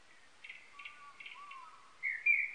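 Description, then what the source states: Japanese thrush song: soft, faint warbled notes at first, then two loud, clear whistled phrases at the end. Recorded 19 April 1998.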